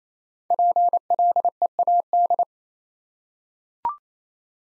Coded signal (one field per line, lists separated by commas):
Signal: Morse code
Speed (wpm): 29 wpm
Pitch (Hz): 700 Hz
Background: none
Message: PLEAD